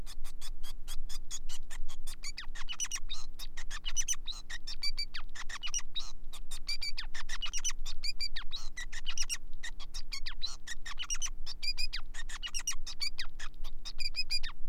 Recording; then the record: song of a male Bengalese finch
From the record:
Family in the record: son of father 5